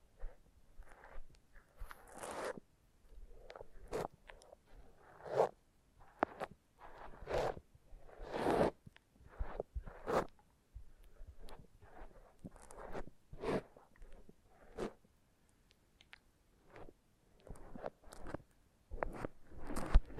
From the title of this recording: Foam Massage